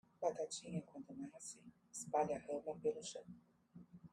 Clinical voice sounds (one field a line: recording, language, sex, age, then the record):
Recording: short text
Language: Brazilian Portuguese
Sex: female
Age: 40 to 49 years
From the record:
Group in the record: control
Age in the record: 48 years